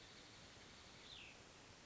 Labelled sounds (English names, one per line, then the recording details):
Cassin's Vireo
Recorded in Sonoma County, California